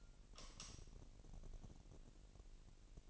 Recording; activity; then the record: daily activity, microphone in the room; light off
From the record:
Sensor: 4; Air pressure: 1002.7 hPa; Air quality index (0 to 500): 248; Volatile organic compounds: 12 ppm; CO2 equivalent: 2372 ppm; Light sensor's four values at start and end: 7/16/6/7 and 6/14/6/6